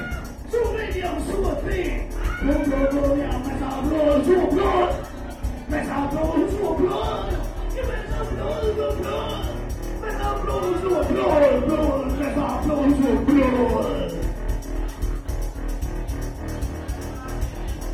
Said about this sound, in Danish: I dag Slagelse, i morgen Næstved. … råber, publikum skriger.